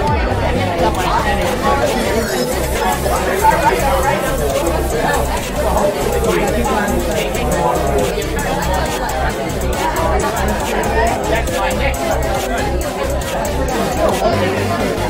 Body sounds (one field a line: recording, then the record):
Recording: background sound without coughing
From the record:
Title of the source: Nightlife Party Simulating Party Club Noise 1 Hour